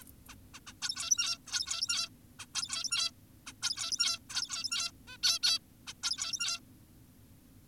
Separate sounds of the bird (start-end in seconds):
0.02-0.05, 0.29-0.35, 0.54-0.60, 0.67-0.73, 0.82-1.38, 1.48-2.09, 2.40-2.46, 2.55-3.11, 3.47-3.53, 3.62-4.19, 4.30-4.92, 5.08-5.18, 5.23-5.39, 5.43-5.59, 5.87-5.93, 6.04-6.60